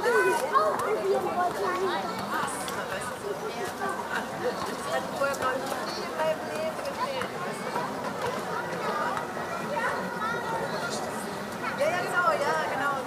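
A summer evening in Berlin, filled with overlapping voices and steady chatter from many people talking at once. The murmur stays dense and fairly even throughout, with brief louder bursts of speech near the start and again toward the end.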